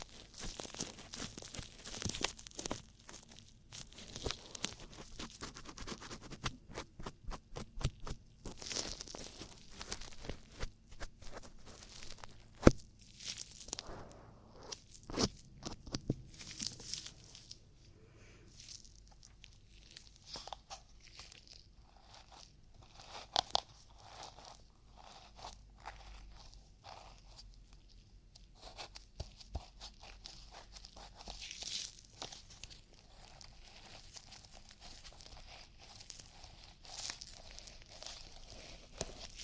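Ear cleaning sounds: dense crackling, scratching and crinkling, busiest in the first fifteen seconds, then sparser rustles with occasional sharp pops.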